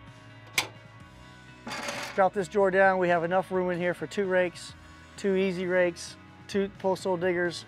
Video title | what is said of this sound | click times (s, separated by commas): The SuperFencer 3.0 | just Naturally by closing it let go of the handle it locks in place | 0.6 s